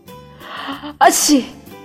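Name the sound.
sneeze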